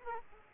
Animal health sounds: mosquito wingbeat signal from an infrared sensor; Aedes aegypti

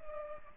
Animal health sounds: mosquito wingbeat signal from an infrared sensor; Culex pipiens

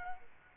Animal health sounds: mosquito wingbeat signal from an infrared sensor; Culex quinquefasciatus

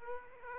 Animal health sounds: mosquito wingbeat signal from an infrared sensor; Aedes aegypti

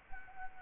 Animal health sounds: mosquito wingbeat signal from an infrared sensor; Culex quinquefasciatus

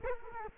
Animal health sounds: mosquito wingbeat signal from an infrared sensor; Culex quinquefasciatus

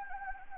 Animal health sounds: mosquito wingbeat signal from an infrared sensor; Anopheles gambiae

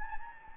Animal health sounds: mosquito wingbeat signal from an infrared sensor; Anopheles gambiae

